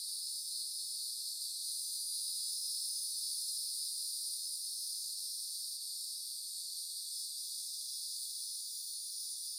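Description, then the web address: Cicadas droning in an unbroken high-pitched buzz of several layered tones, even in loudness throughout. Cicadas isolated from forest ambience; upland hardwoods, Green Mountain, Central Florida. "FOREST AMBIENCE 1 CENTRAL FLORIDA Upland Hardwoods Green Mountain Nature Forest Cicadas Isolated"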